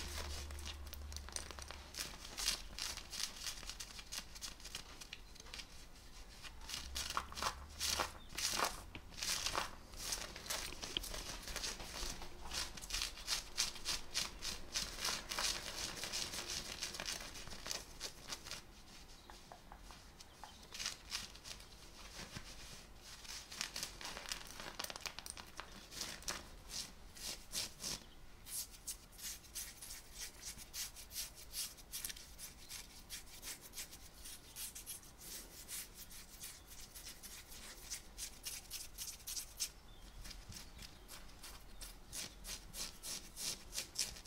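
Fabric is scratched and rubbed: jeans, a shirt and skin, in a dense run of quick, crackly strokes that never stop for long. The scratching is busiest and brightest in the first eighteen seconds, with a few low thumps early on, then turns lighter and thinner.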